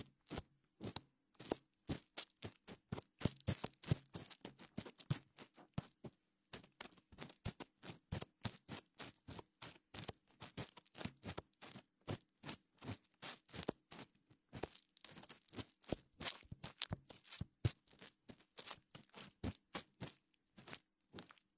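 Quick, dry scratching strokes from a wooden ear pick, cotton swab and fingertips rubbing, each a short crisp burst reaching into the high end. They come in a dense, fairly regular stream, several per second, with brief pauses near the start and around eight seconds.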